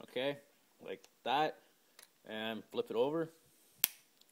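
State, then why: Seated. A front hopper feed neck is slid into two grooves on a 98 Custom paintball marker body and flipped over while someone talks. A sharp snap is heard at 3.8 s as the feed neck locks into place on the receiver, followed by a couple of faint ticks.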